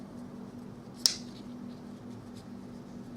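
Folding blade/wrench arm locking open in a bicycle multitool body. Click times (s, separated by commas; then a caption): 1.1 s. A blade or wrench on a folding 17-in-1 metal bicycle multitool is swung open until its spring lock engages. Over a low steady hum, a single loud, sharp click rings out at 1.1 s. The folding arm locks open in the tool body.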